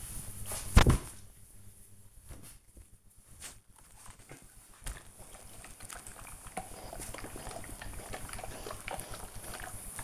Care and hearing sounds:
household activities, microphone on the right wrist
0.00-10.04 s: ironing laundry

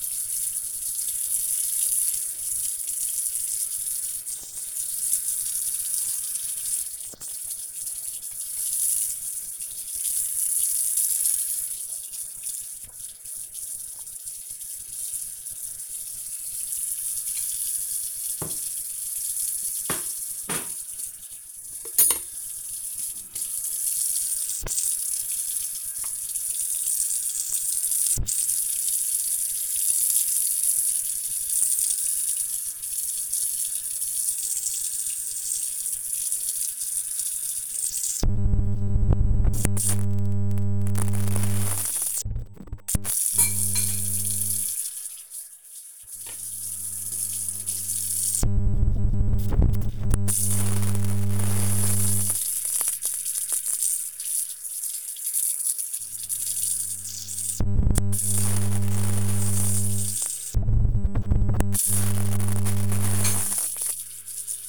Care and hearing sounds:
household activities, microphone on the right wrist
0.00-64.69 s: washing dishes

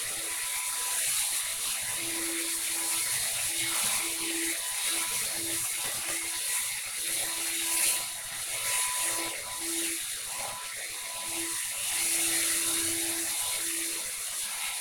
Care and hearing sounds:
household activities, microphone on the right wrist
0.00-14.81 s: vacuum cleaning

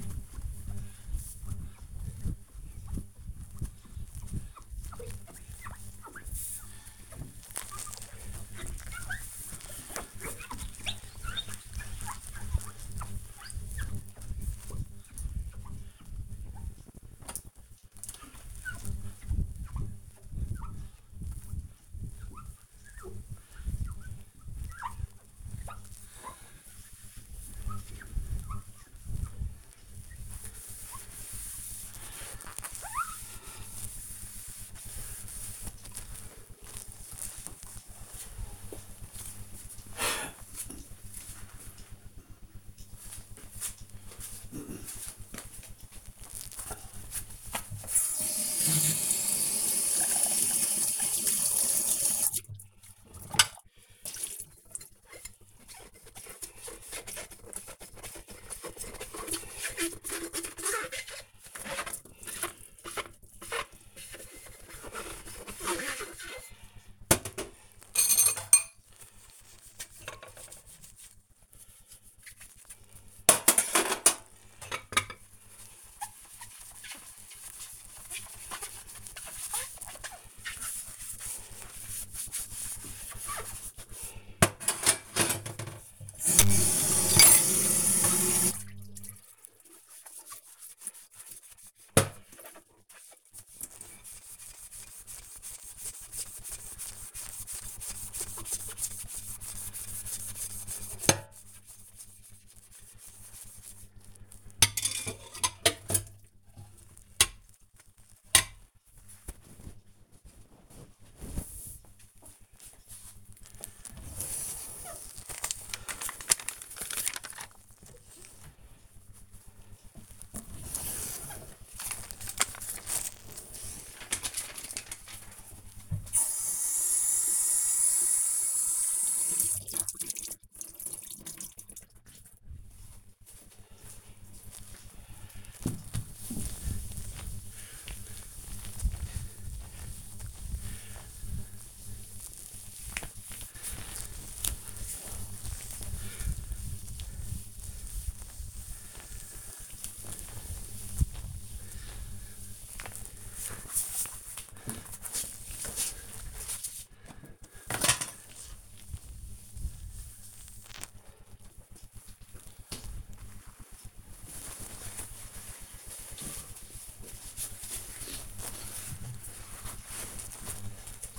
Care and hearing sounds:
household activities, microphone on the right wrist
0.00-37.05 s: window cleaning
48.10-106.54 s: washing dishes
125.66-160.90 s: cleaning table
168.96-171.19 s: drinking

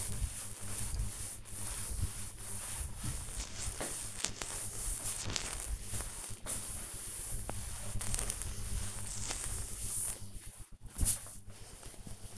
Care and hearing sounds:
household activities, microphone on the right wrist
0.00-12.38 s: cleaning table

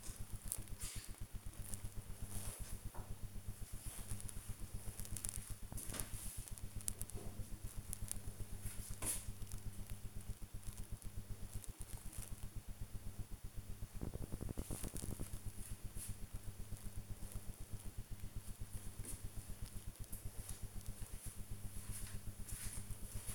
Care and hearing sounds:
household activities, microphone on the right wrist
0.00-23.35 s: working on the computer

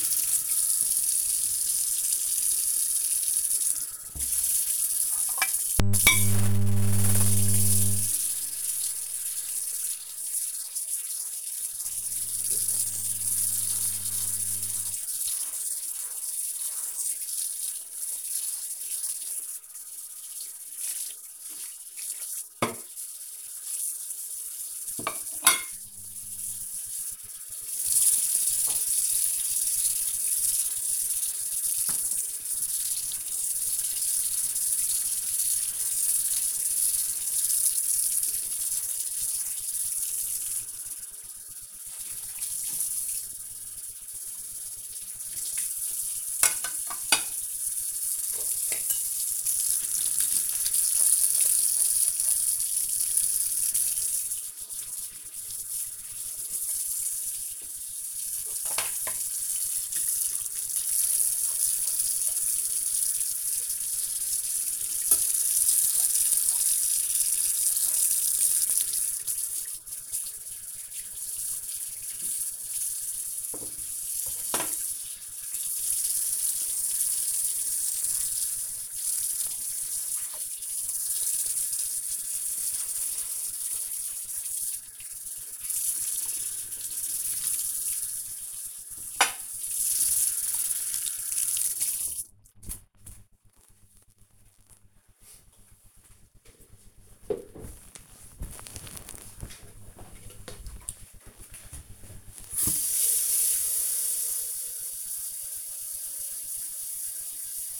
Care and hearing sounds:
household activities, microphone on the right wrist
0.00-93.04 s: washing dishes
100.07-107.80 s: watering plant

